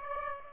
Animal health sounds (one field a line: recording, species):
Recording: mosquito wingbeat signal from an infrared sensor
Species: Aedes aegypti